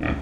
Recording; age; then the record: pig call; growing-finishing pig (85 days or more)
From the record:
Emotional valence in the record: negative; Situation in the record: barren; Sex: female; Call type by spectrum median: low-frequency call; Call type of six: low-frequency modulated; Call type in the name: low-frequency modulated, not sure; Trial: 1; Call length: 0.22 s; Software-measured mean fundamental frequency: 62 Hz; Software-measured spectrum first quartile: 184 Hz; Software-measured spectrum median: 450 Hz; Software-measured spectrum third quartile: 1423 Hz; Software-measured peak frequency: 296 Hz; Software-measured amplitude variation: 159 dB a second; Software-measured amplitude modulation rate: 25.0 a second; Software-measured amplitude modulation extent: 6.4 dB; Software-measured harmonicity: -0.1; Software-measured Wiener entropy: -1.65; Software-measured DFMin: 719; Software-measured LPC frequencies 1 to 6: 1215, 1848, 2440, 3316, 4404, 5557 Hz